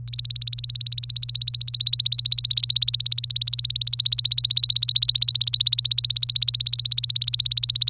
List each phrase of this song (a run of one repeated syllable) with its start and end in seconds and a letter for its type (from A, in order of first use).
0.08-7.90 A